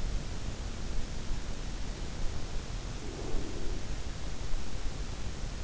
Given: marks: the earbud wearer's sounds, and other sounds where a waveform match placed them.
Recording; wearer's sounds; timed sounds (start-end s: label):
sounds in sleep by an in-ear microphone; breath
2.36-4.52 s: breath